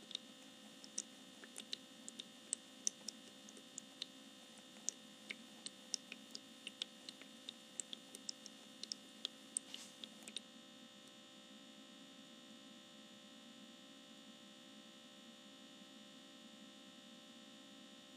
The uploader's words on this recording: ASMR Essential Oil Diffuser Misting.